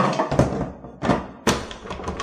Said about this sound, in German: Bitte, sei offen, Tür. Treppenhaus. Ich muss die Tür versperren mit dem Stuhl.